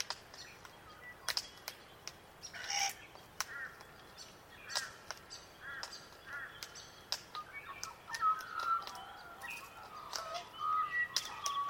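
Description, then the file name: Glossy black cockatoo giving repeated short rising squeaks, then drawn-out whistled notes, punctuated by sharp clicks. Soundscape of melodic glossy black cockatoo calls. "melodic glossy black cuckatoos"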